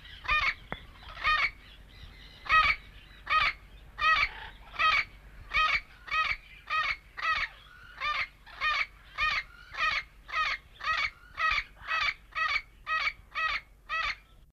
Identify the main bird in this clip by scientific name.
Amazona vinacea